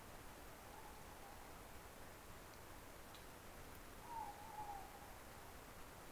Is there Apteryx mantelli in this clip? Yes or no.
no